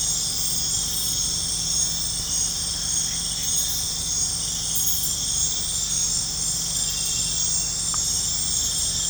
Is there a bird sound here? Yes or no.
no